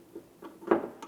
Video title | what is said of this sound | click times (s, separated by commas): How to Replace Back Glass Lift Supports 2002-2009 Chevrolet Trailblazer | once you have it up against that ball just go ahead and squeeze it in listen for a click | 0.7 s